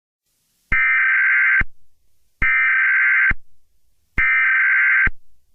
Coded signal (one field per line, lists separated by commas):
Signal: Emergency Alert System (SAME) tones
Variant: header bursts